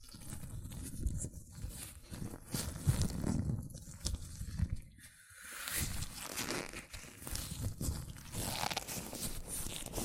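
Hands move in latex gloves, rubbing and squeaking in a continuous busy texture. The first half is heavier and lower, with dense crinkling and a few sharper snaps near three seconds; after a brief lull around five seconds, brighter, hissing stretches and squeaks take over.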